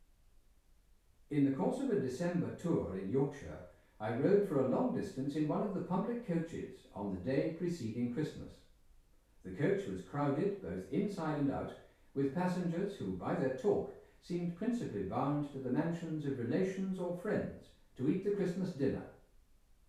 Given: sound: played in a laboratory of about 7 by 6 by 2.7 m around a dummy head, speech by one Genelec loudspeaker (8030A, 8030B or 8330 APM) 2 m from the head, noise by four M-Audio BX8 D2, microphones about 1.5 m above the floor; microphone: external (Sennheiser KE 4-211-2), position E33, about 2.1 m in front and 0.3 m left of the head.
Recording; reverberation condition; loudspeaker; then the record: male speech in English; medium; 60 degrees to the right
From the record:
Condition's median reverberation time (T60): about 510 ms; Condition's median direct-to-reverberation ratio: about -0.5 dB